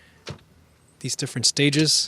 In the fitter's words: there's a nice click between